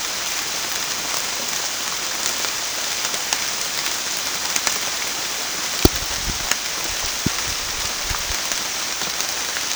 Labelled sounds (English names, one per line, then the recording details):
none
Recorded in pastures near Puerto Asís, Putumayo, Colombia, on 30 June 2025 at 15:00
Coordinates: 0.502, -76.324
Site G010